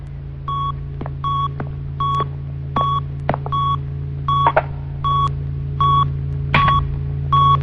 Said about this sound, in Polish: Jak to działa? Jak wyłączyć ten dzwonek?